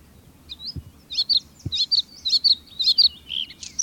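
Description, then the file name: Bluethroat song: a quick series of high, buzzy, ringing notes repeated several times in a steady rhythm, ending with a rising squeaky note, over faint low rumble. "blauwborst"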